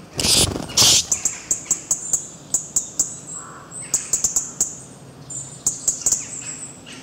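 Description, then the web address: Bird chirps: two loud bursts of sound at the start, then short, sharp, very high chirps repeated every fraction of a second in irregular clusters. "bird ringtones"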